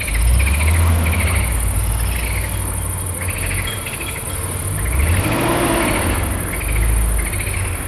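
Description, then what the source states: Frog calls, rapid pulsed notes in short groups, partly masked by a heavy engine rumble. Frogs together with forklift trucks.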